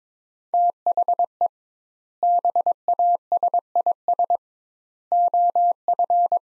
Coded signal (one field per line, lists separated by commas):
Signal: Morse code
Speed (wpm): 22 wpm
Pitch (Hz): 700 Hz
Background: none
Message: THE BASIS OF